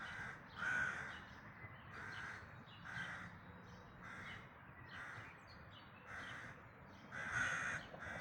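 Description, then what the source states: Bird giving a series of harsh, hoarse caws, roughly one each second, over a soft background hiss. Dawn chorus recorded in May 2026.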